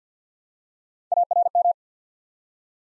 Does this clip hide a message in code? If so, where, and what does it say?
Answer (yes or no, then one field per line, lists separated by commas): yes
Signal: Morse code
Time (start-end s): 1.1-1.7 s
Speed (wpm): 50 wpm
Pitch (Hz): 700 Hz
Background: none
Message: ARM